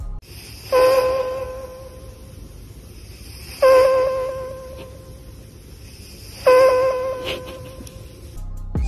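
A cat snoring close to a microphone, with three tonal, whistling snores about every three seconds, each peaking around 500 Hz and fading away between breaths.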